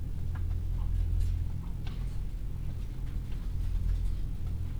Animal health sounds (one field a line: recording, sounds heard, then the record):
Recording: poultry house recording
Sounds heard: sick chickens (respiratory disease)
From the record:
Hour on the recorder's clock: 15